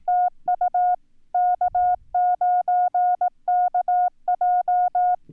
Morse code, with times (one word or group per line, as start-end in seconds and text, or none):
0.1-0.9 TU
1.3-5.2 K9KJ